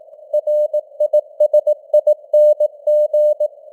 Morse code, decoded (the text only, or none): RISING